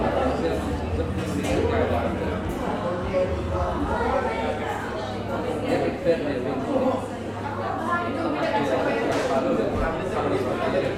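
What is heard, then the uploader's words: A busy coffee shop fills with overlapping chatter, several voices talking at once without a break. The murmur stays steady and dense for the whole stretch, over a low constant hum, with a few short bright clinks of cups scattered through, one standing out near six seconds. Cozy Coffee Shop Ambiance. The bustling ambiance of an English seaside town coffee shop. The sounds of clinking cups, whirring espresso machines, and lively chatter. This binaural field recording captures the vibrant atmosphere of a busy coffee shop.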